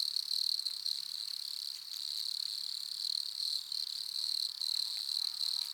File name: grillon des bois nemobius sylvestris. naturophonia